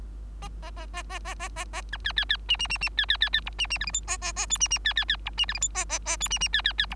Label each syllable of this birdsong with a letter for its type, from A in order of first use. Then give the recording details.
A A A A A A A A A B C C C D D D D C C C C E D D F G H A A A I D D C C C E D F G H A A A I D D C C C E. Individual Bird3